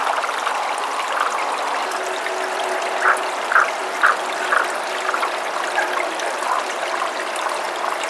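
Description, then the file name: Tago's brown frog calling, a short series of four or five clucking notes about half a second apart, set against the steady rush of flowing stream water. "Rana tagoi"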